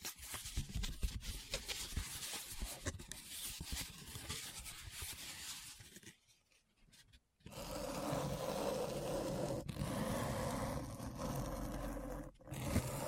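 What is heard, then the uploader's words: Scratching fills the first six seconds with dense, rapid strokes that rasp across the whole range, with low thumps underneath. A short near-silent gap follows around six to seven seconds, then a steadier, smoother scraping resumes with a faint hum, briefly dipping near twelve seconds. ASMR Deep Brain Scratch (No Talking).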